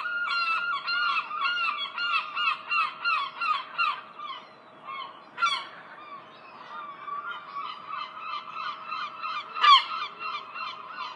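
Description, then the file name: Herring gulls calling: rapid repeated yelping notes, partly overlapping, with a pause midway, a sharp squeal, and more yelping toward the end. "Serebristye chaiki"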